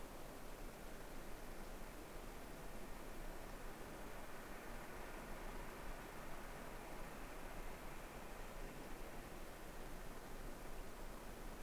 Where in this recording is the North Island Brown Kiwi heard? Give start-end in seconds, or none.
none